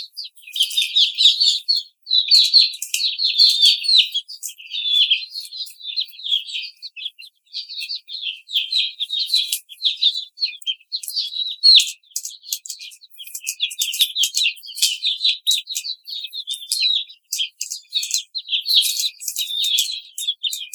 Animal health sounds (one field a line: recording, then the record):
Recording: young laying hens in a cage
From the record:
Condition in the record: treatment cage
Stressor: simulated dog barking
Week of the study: 5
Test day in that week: 1